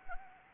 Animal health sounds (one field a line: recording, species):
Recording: mosquito wingbeat signal from an infrared sensor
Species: Anopheles arabiensis